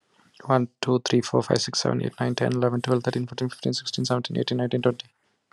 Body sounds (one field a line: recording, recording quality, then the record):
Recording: counting at a fast pace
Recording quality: excellent, no background noise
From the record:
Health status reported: healthy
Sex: male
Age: 42 years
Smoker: no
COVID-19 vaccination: one dose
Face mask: not worn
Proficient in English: yes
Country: India